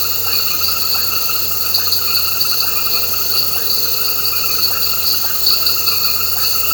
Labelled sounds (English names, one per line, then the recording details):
none
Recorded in pastures near Puerto Asís, Putumayo, Colombia, on 9 March 2025 at 20:00
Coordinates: 0.466, -76.322
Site CSA-02